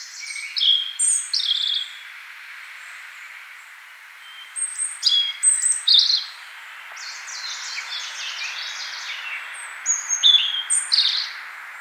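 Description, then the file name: European robin song: short bursts of high, sweet, varied phrases separated by pauses, mixing pure whistles and fast twittering. "Erithacus rubecula"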